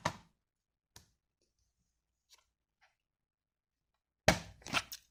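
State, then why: Seated. A plastic DVD disc is pressed back onto the little clamping hub of a DVD box set case, with light plastic handling taps near 0.1 s and 1.0 s and faint rustles in between. The disc snaps into place on the hub with a sharp, loud click at 4.3 s, followed by a couple of smaller plastic clicks shortly after. The disc is seated.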